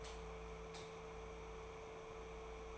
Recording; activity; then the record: daily activity, microphone in the room; light off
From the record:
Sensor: 1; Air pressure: 1014.6 hPa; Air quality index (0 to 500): 174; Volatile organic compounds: 14 ppm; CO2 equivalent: 2463 ppm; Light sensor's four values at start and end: 25/66/27/32 and 21/53/22/26